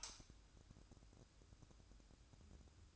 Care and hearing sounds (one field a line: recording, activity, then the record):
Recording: daily activity, microphone in the room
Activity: light on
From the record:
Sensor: 2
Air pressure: 1007.7 hPa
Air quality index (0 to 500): 77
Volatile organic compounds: 1 ppm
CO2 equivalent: 639 ppm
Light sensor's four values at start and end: 9/21/9/9 and 14/37/15/15